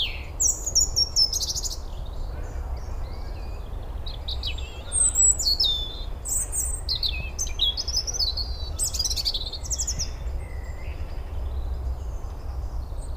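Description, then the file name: European robin singing varied high, tinkling phrases of quick slurred notes and short trills, broken by brief pauses, with a continuous low background rumble. "Erithacus rubecula"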